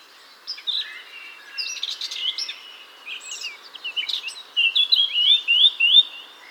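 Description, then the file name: Eurasian blackcap warbling song with jumbled notes building to a loud run of clear, fluting whistles, heard over a steady background hiss. "Sylvia atricapilla"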